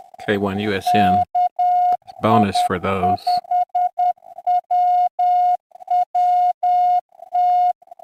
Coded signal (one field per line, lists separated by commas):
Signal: Morse code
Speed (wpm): 10 wpm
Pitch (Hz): 720 Hz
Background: speech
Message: KI5WWT